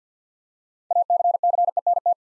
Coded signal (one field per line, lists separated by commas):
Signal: Morse code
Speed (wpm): 48 wpm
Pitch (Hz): 700 Hz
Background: none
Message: ACCENT